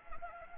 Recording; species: mosquito wingbeat signal from an infrared sensor; Anopheles gambiae